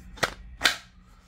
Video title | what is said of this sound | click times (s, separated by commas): Work Tuff Gear Carnivore in SK85 Dropping August 4th! | but just functional you know I let you guys know I love that positive click | 0.2 s, 0.6 s